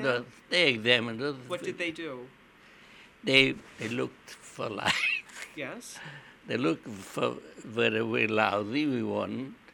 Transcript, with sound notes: Yeah, they examined us.
What did they do?
They looked for lice. ( he laughs ) They looked to see whether we were lousy. We weren't.